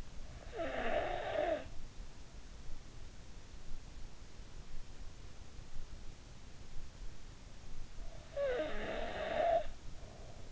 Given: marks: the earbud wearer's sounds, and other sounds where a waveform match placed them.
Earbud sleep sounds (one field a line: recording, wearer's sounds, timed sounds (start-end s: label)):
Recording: sounds in sleep by an in-ear microphone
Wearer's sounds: snoring breath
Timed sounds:
0.00-2.22 s: snoring breath
7.76-10.52 s: snoring breath